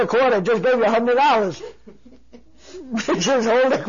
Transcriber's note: they laugh